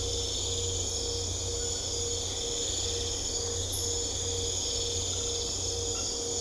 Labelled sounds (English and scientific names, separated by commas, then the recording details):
none
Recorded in secondary vegetation near Puerto Asís, Putumayo, Colombia, on 21 December 2024 at 21:30
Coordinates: 0.500, -76.326
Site G065